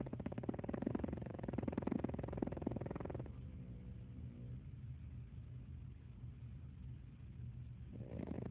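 A low, rattling, fluttering rumble lasts about three seconds, then the sound drops to quiet breathing until the next rumble starts near the end. This is an adult snoring, the sound of relaxed upper-airway tissues vibrating as air passes during sleep.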